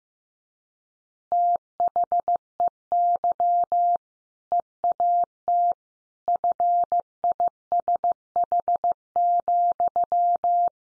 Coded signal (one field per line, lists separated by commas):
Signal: Morse code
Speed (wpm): 15 wpm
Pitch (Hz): 700 Hz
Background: none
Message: THEY EAT FISH,